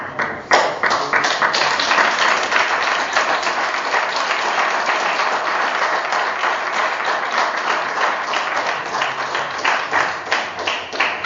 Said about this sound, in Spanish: Quería decir también que es un reconocimiento a todos los que habéis trabajado buenísimamente, que creo que os merecéis un aplauso.